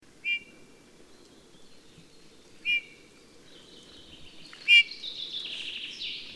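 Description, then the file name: Eurasian bullfinch calls, three short soft piping notes spaced about two seconds apart, followed by a faint hissing rush near the end. "Pyrrhula pyrrhula"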